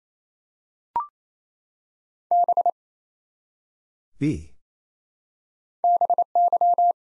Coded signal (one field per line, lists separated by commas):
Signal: Morse code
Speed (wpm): 27 wpm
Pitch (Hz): 700 Hz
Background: none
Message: B BY